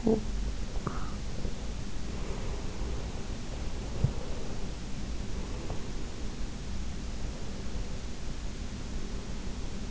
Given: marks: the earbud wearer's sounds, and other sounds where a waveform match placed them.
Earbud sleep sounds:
sounds in sleep by an in-ear microphone; teeth grinding
0.00-0.32 s: teeth grinding

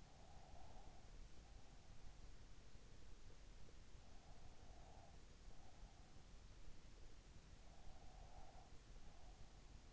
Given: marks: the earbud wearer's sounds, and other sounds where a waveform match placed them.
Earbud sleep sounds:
sounds in sleep by an in-ear microphone; breath
0.00-1.95 s: breath
4.25-6.21 s: breath
7.83-9.58 s: breath

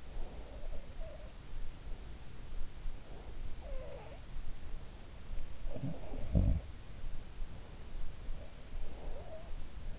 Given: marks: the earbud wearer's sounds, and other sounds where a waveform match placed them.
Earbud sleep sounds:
sounds in sleep by an in-ear microphone; breath
0.00-0.69 s: breath
0.49-1.49 s: sound from someone else or the room
2.85-3.35 s: breath
3.57-4.38 s: sound from someone else or the room
5.61-6.79 s: sound from someone else or the room
8.91-9.98 s: sound from someone else or the room

